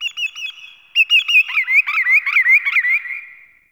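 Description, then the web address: Bird giving a quick run of clear, high chirps, then a rapid series of wavering, bubbly whistled notes that trail off after about three seconds. Distant bird in a forest open glade, daytime. "Soulframe Sounds. Forest Open Glade Day Forest Open Glade Bird Far"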